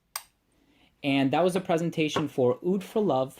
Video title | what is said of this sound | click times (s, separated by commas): Oud For Love by The Different Company Fragrance / Cologne Review | It also clicks into place. | 0.2 s